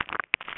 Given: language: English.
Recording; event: throat vibration sensor signal played as sound; swallow